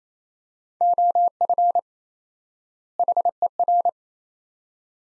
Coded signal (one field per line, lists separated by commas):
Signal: Morse code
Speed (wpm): 28 wpm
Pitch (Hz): 700 Hz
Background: none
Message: OF HER